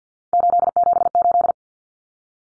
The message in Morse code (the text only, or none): 878